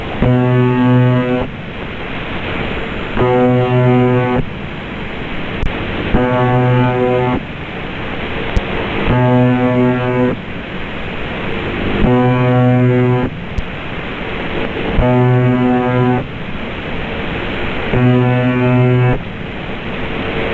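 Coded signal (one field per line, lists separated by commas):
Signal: channel marker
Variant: UVB-76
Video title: Sound of UVB-76 The Buzzer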